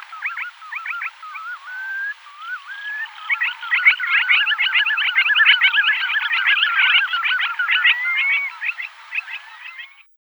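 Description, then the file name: Red knot flock calls: dense overlapping chatter of short clipped notes mixed with a few slurred whistles, busy and continuous for about ten seconds. "Pesochnik islandskij"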